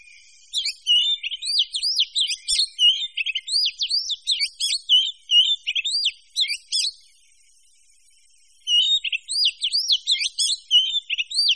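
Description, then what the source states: Birds (mixed species): birds chirping in dense, rapid high twitters and sweeping whistled notes, pausing for about two seconds before the chattering resumes. A mix of birds, manuk campur.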